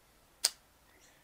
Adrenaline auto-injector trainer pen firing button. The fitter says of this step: you'll hear it click you push down on the red button that's injecting the adrenaline into the individual now so